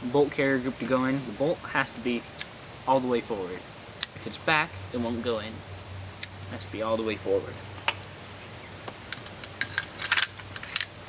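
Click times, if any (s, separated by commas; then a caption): 10.8 s. A metal bolt carrier group, with its bolt all the way forward, is pushed into a Stag Arms AR15 Model 1 rifle upper receiver while someone talks. Light metallic clinks and handling sounds lead up to a sharp snap at 10.8 s as the bolt carrier group seats in the upper receiver.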